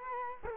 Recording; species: mosquito wingbeat signal from an infrared sensor; Culex quinquefasciatus